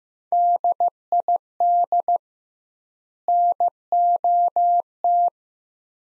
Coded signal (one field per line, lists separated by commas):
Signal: Morse code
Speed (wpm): 15 wpm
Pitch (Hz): 700 Hz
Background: none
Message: DID NOT